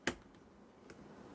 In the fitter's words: push down, you'll hear it click.